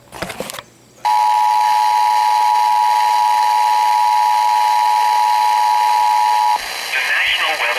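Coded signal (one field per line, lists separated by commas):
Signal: Emergency Alert System (SAME) tones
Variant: 853 and 960 Hz attention tone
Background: speech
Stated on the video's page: Real EAS alerts from streaming services.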